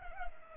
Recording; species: mosquito wingbeat signal from an infrared sensor; Culex pipiens